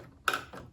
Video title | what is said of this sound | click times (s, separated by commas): Epson L3250 Wifi Tanklı Mürekkep Püskürtmeli Çok Fonksiyonlu Yazıcı kutu açılımı ve mürekkep dolumu | buraya da geçtiğinde tık diye oturuyor | 0.3 s